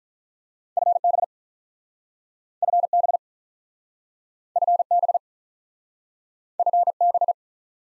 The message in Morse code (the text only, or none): FB FB FB FB